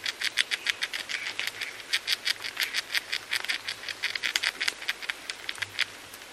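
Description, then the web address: Arizona gray squirrel chattering: a fast, uneven series of sharp, dry clicking chucks that runs throughout, like a rattle, with a faint low hum underneath. In a forest. "zvuk arizonska katerica v gorata"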